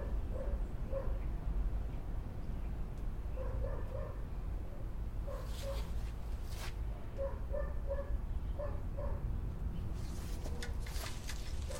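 Two small apple trees are cut down in a backyard over a steady low rumble that never lets up. Short dog-like barks come in small clusters throughout, and bright crackling bursts, like branches snapping, break in around six seconds and again near the end.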